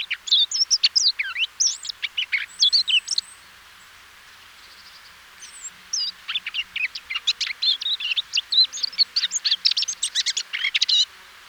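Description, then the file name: Eurasian blackcap song, a busy warbled phrase, a few seconds of quiet, then another long, rapid run of varied notes. "Sylvia atricapilla"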